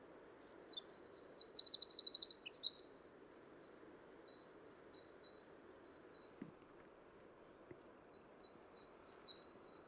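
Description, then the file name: Eurasian wren delivering a loud, rapid high trill lasting about two and a half seconds, followed by faint scattered ticks and a soft trill at the end. "Troglodytes troglodytes"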